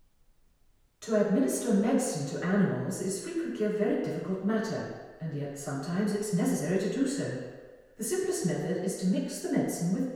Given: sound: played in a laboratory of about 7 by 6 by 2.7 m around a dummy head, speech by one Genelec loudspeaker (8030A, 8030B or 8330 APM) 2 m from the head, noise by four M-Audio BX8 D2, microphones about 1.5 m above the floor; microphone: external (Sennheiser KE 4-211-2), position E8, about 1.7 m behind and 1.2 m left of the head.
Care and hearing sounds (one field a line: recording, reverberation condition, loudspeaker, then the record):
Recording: female speech in English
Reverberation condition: high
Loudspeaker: 60 degrees to the right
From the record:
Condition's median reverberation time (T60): about 1300 ms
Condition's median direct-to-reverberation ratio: about -4.0 dB